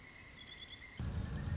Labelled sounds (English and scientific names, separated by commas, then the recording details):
Pileated Woodpecker (Dryocopus pileatus)
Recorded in Sonoma County, California